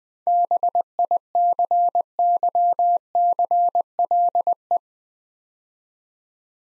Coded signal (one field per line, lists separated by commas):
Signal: Morse code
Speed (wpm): 20 wpm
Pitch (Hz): 700 Hz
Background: none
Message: BICYCLE